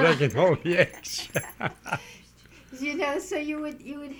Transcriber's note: they laugh